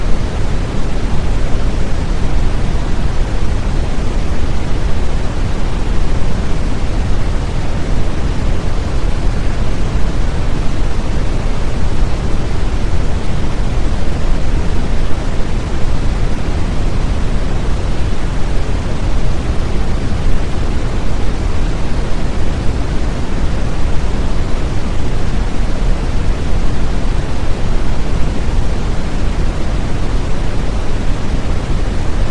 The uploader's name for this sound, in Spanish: Ruido rojo